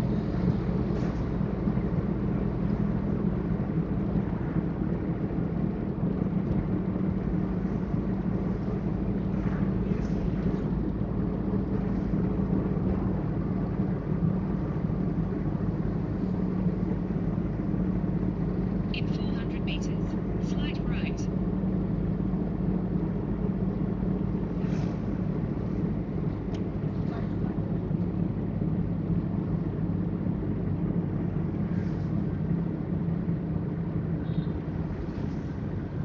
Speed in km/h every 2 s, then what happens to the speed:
51, 48, 47, 48, 48, 47, 46, 46, 46, 46, 46, 46, 45, 44, 43, 41, 38, 34.
0-25 steady at about 46. 25-36 slows to 34.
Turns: none.